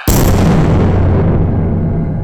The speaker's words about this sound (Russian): Петарды взорвались по обеим сторонам кинозала. При этом оказались настолько мощными, что легко перекрыли шум урагана.